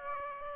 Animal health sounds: mosquito wingbeat signal from an infrared sensor; Aedes aegypti

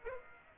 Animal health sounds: mosquito wingbeat signal from an infrared sensor; Aedes aegypti

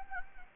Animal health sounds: mosquito wingbeat signal from an infrared sensor; Anopheles gambiae

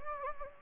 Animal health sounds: mosquito wingbeat signal from an infrared sensor; Anopheles gambiae

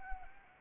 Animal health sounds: mosquito wingbeat signal from an infrared sensor; Anopheles arabiensis

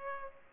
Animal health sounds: mosquito wingbeat signal from an infrared sensor; Culex pipiens

